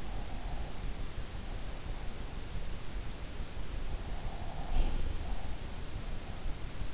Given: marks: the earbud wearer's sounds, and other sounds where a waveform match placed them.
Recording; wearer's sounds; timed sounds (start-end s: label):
sounds in sleep by an in-ear microphone; breath, teeth grinding
0.20-2.14 s: breath
4.26-5.52 s: breath
4.72-5.14 s: teeth grinding